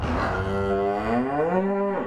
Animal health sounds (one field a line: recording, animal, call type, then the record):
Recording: contact call of a hoofed animal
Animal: cattle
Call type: low-frequency (closed-mouth) or high-frequency (open-mouth) call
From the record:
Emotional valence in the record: negative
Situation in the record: full separation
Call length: 2.1 s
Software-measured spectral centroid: 1150 Hz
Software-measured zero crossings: 1190 a second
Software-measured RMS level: -24 dBFS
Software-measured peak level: -9 dBFS